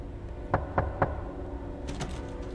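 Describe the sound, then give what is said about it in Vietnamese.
Three sharp knocks on the wooden front door of a house, evenly spaced and fairly loud, followed by a softer shuffling rattle, with no one speaking. “Kỳ lạ thật, ấy giờ này còn ai gõ cửa nhà mình thì không biết.”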